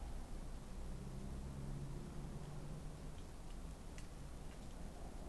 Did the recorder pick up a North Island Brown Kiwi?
no